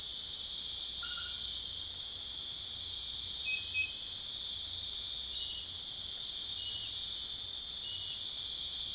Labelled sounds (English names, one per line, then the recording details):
none
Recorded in secondary vegetation near Puerto Asís, Putumayo, Colombia, on 29 June 2025 at 20:30
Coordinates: 0.485, -76.322
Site GP06